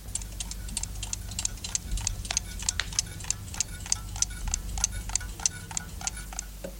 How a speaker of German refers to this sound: Auf dem Land ist es jetzt still. Ein bisschen Wind, sonst nichts. In den Städten auch. Bloß die Uhren gehen noch.